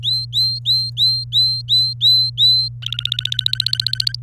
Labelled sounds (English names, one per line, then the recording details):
Domestic Canary song
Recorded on 27 April 2018 at 08:38
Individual llb3